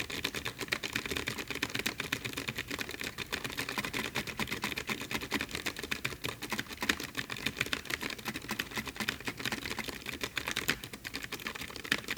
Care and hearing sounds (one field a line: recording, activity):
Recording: daily activity, guitar pickup as the sensor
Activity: type